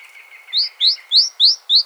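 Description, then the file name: Great tit calls: five clear rising chips, evenly spaced about three per second, over a faint steady lower tone. "Parus major"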